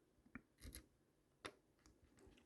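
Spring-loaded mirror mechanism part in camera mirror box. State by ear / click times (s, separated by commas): seated / 1.5 s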